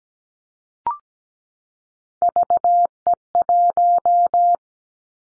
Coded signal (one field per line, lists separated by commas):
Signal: Morse code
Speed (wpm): 17 wpm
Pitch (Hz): 700 Hz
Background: none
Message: VE1